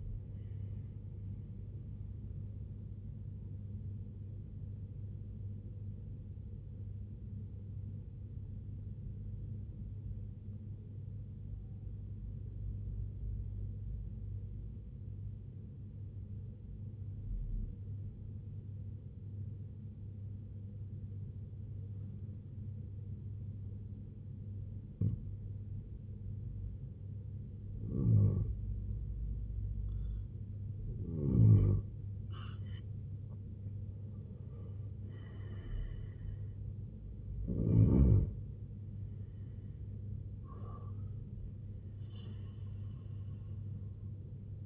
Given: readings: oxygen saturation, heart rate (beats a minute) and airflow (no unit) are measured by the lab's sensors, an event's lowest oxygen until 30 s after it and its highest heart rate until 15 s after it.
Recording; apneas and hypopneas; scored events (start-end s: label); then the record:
breathing in sleep by a smartphone at the bedside; 1
5.00-29.60 s: hypopnea (N1, oxygen 96% highest, then 89% lowest, heart rate 88 at the start, 88 highest)
20.00-44.66 s: new sleep stage, N2 (light sleep)
From the record:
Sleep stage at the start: N1 (lightest sleep); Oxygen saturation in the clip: 91 to 96%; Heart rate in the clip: 68 to 99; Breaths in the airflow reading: 5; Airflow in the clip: -13.7 to 10.3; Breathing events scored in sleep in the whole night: 258 in 7.4 hours asleep